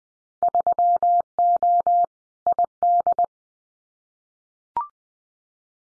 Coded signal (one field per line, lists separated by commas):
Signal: Morse code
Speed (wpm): 20 wpm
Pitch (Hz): 700 Hz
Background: none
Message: 3O ID